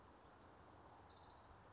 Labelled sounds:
Orange-crowned Warbler (Leiothlypis celata)
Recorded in Sonoma County, California

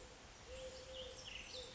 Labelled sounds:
Eurasian Collared Dove (Streptopelia decaocto)
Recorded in Sonoma County, California

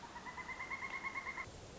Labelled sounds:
Pileated Woodpecker (Dryocopus pileatus)
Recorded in Sonoma County, California

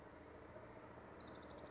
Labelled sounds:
Orange-crowned Warbler (Leiothlypis celata)
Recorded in Sonoma County, California

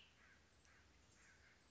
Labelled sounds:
Cassin's Vireo (Vireo cassinii)
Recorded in Sonoma County, California

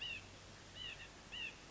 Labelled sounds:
White-breasted Nuthatch (Sitta carolinensis)
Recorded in Sonoma County, California

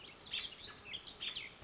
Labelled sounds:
American Robin (Turdus migratorius)
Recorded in Sonoma County, California

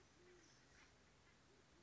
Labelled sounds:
Band-tailed Pigeon (Patagioenas fasciata)
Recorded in Sonoma County, California

